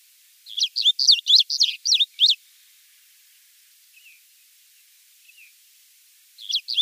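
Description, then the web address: Striated bunting song: a quick phrase of about eight chirpy, slurred notes, a pause with two faint soft notes, then another phrase starting at the end. "Schulze Peter Striated Bunting song"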